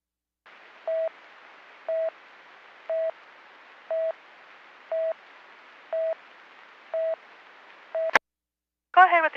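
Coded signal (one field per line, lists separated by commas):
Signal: none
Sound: radio talk-permit beeps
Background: speech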